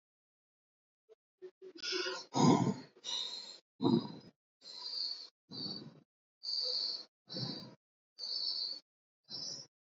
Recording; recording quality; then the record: shallow breathing; excellent, no background noise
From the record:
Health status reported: recovered from COVID-19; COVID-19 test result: positive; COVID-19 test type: RT-PCR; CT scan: not taken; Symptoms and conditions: cough, asthma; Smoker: no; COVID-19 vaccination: both doses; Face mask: worn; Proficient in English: yes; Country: India